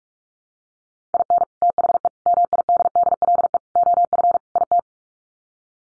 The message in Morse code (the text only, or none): IN THE MIDDLE OF IT